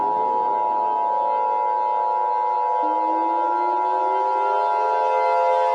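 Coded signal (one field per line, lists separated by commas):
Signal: Emergency Alert System (SAME) tones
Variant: 853 and 960 Hz attention tone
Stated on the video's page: Fictional EAS scenario made as a collaboration.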